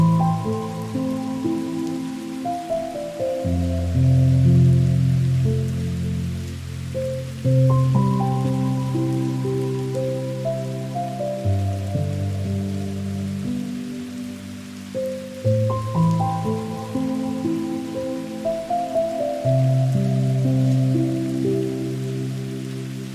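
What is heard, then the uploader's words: Soft, slow music of warm low chords and sustained notes, with the harmony shifting about every four seconds and gentle note onsets in the middle range. A faint, steady hiss of rain sits quietly underneath throughout. Relaxing Music & Soft Rain Sounds.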